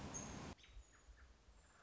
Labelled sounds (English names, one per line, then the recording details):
American Robin
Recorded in Sonoma County, California